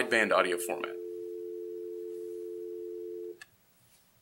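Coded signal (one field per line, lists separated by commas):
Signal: telephone call progress tone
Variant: North America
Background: speech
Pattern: dial tone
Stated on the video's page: Call progress tones on an Alcatel-Lucent 8018 Premium DeskPhone on the OXO Connect system, deployed as a cloud station.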